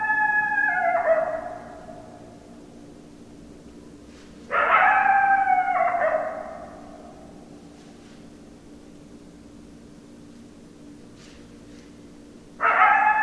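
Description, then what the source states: Coyote howls: three harmonic calls, the first two sliding downward in pitch, separated by several seconds of quiet background hiss. Several coyotes; 10 December 2012.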